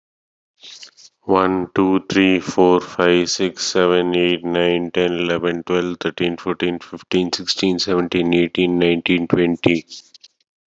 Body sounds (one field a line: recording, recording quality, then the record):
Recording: counting at a fast pace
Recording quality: excellent, no background noise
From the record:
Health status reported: COVID-19 positive, mild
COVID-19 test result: positive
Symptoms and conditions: cough, fever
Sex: male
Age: 45 years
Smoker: not ticked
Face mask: worn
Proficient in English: yes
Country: India